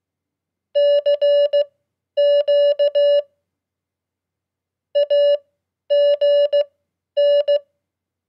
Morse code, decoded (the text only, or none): CQ AGN